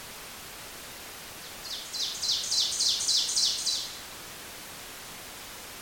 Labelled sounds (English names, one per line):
Ovenbird song